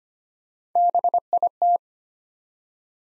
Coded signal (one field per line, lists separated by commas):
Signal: Morse code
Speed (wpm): 25 wpm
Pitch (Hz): 700 Hz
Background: none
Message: BIT